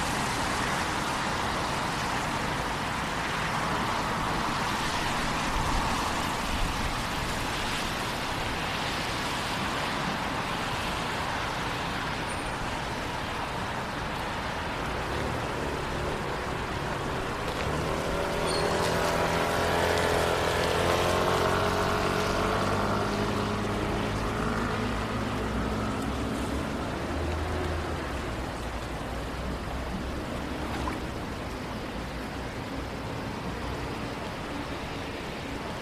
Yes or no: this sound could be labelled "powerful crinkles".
no